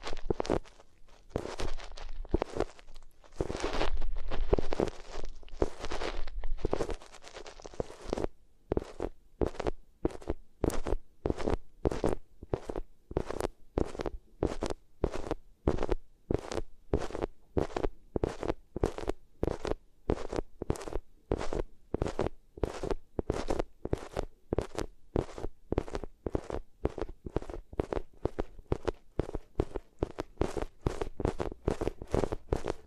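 Ears being rubbed against different materials, a dense, fast series of brushing and scratching strokes. The first eight seconds are thicker and rougher with low rumbling thumps, then the rubbing settles into a steady, regular rhythm of quick swipes, about two per second.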